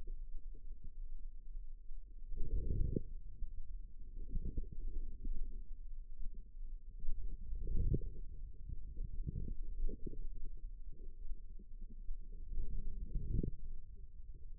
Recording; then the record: forearm muscle sounds (acoustic myography)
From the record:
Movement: wrist flexion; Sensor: system 2, bracelet of six BSWA MPA416 microphones around the upper forearm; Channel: 4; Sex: female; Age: 25 years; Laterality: right